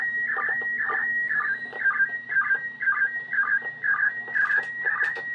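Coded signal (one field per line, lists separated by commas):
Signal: SSTV (slow-scan television)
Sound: warbling tone around 2 kHz with rhythmic chirpy bursts about twice a second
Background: radio hiss, low hum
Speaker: and it is written in Russian so this is coming directly from the i s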